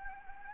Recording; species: mosquito wingbeat signal from an infrared sensor; Anopheles gambiae